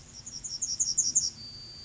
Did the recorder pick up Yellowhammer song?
yes